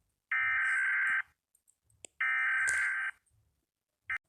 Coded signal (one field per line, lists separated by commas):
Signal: Emergency Alert System (SAME) tones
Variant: header bursts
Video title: kõřnåt EAS alarm (Early RARE)